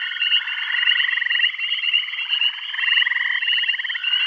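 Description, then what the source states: Short burst of frog chorus, fast pulsed trills overlapping continuously over a constant high whine. Bath County.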